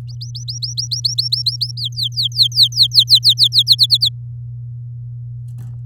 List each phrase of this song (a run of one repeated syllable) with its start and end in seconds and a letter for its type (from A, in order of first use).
0.08-1.72 A, 1.77-3.63 B, 3.67-4.09 C